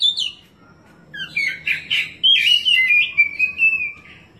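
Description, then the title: Oriental magpie-robin gives a short run of scratchy notes ending in a sustained, wavering whistled phrase, with steady low background noise. "Kacer"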